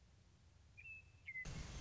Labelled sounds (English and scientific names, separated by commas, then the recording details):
Western Meadowlark (Sturnella neglecta)
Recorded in Sonoma County, California